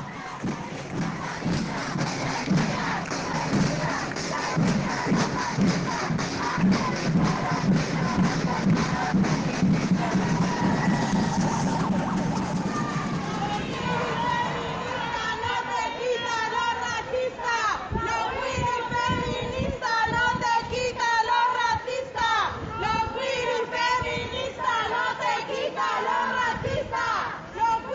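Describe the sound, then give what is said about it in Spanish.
A large protest crowd in La Paz on 8 March 2021 shouts and chants against femicides at full volume, a dense roar of many voices that turns into rhythmic, pitched chanting partway through and keeps going steadily. “Estamos gritando bien fuerte que paren de matarnos contra los femicidios y sobre todo responsabilizando al Estado y a los gobiernos para que ninguna mujer más muera en manos de la violencia machista, institucional, patriarcal y de este sistema”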